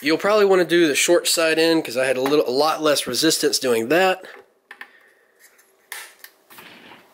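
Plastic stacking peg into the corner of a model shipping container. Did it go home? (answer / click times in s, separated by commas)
yes / 5.9 s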